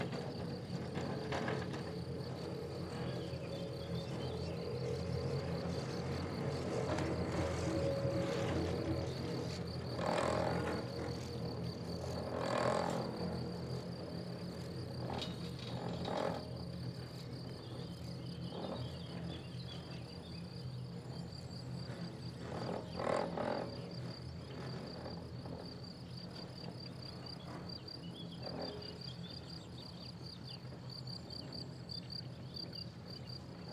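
A chair lift runs with a steady low mechanical hum and a high whine, broken by occasional clunks and rattles around 10, 13 and 23 seconds.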